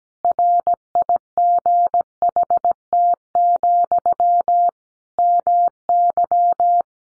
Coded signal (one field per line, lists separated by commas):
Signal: Morse code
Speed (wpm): 17 wpm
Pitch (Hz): 700 Hz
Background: none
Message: RIGHT, MY